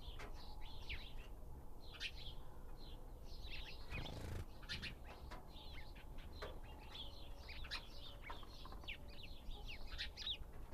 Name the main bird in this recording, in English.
House Sparrow